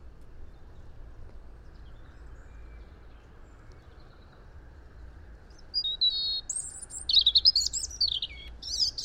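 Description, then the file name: European robin song: after several quiet seconds, high, thin warbled phrases of varied whistles and trills begin near the end, over a faint low rumble. "Erithacus rubecula"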